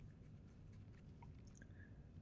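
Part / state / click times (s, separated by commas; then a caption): replacement ear pad cushion into over-ear headphone earcup / seated / 1.2 s, 1.6 s. A replacement ear pad cushion is lined up on the earcup of a pair of Jabra Elite 85H over-ear headphones and pressed until its small plastic clips snap into place. Against a low, steady rumble with soft handling noise, faint sharp clicks sound at 1.2 s, 1.6 s and 1.6 s. The cushion is seated and installed.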